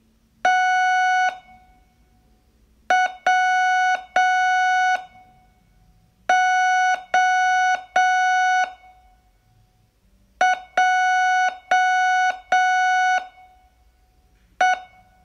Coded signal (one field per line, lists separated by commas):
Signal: Morse code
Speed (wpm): 6 wpm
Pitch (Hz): 740 Hz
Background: none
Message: T W O J E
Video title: Learn Morse in 42 Days from VU2LAU - day12